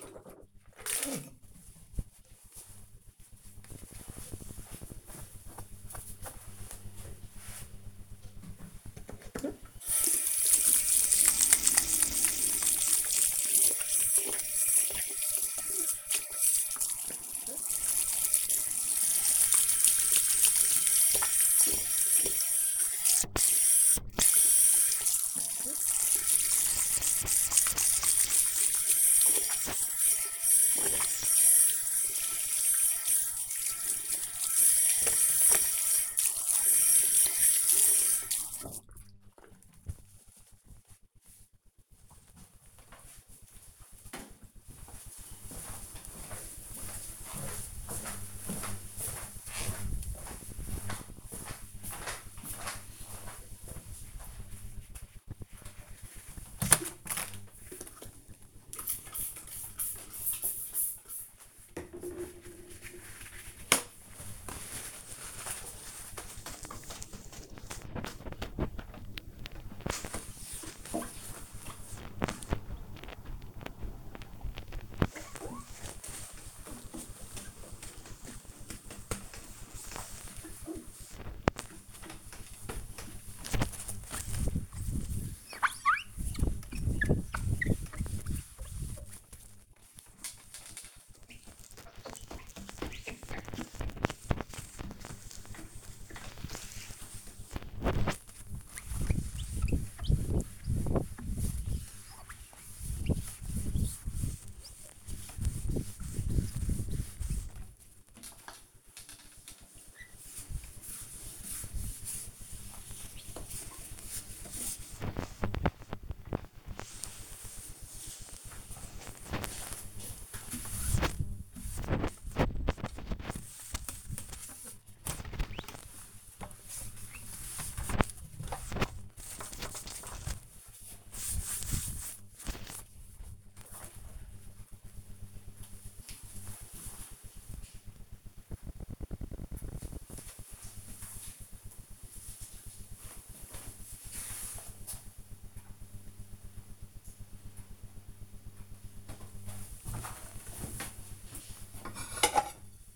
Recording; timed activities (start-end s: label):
household activities, microphone on the right wrist
0.00-1.50 s: brushing teeth
7.53-38.72 s: washing hands
54.82-133.34 s: window cleaning
148.44-152.96 s: putting away the dishes